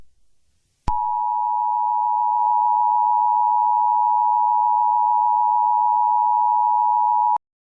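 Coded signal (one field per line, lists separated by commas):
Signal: Emergency Alert System (SAME) tones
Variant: 853 and 960 Hz attention tone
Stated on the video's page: Fictional EAS scenario about a shooting, not a real alert.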